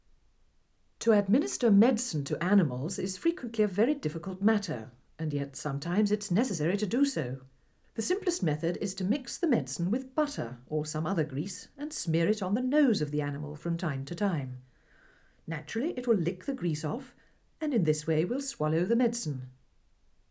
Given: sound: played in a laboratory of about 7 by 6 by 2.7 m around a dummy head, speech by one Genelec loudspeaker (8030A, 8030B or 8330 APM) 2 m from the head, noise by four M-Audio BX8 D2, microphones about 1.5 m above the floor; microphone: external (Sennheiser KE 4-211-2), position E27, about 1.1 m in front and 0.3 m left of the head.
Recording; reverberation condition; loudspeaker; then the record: female speech in English; low; in front (0 degrees)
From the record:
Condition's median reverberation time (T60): about 310 ms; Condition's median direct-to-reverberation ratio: about 3.5 dB